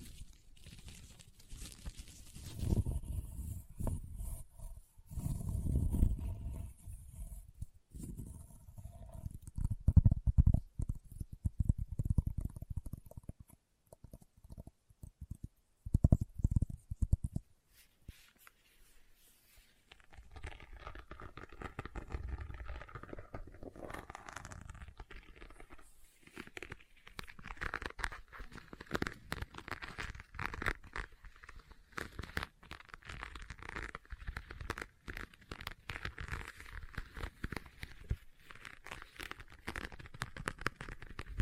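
Leather being tapped and scratched: dull low thumps for the first twenty seconds, then a steady, brighter rasping scratch with quick irregular strokes.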